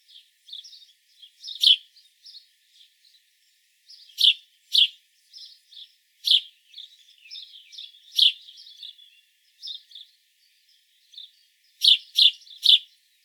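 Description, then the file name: House sparrow chirps, loud chirps singly, in pairs and in triplets over a busy background of softer twittering. "Passer domesticus"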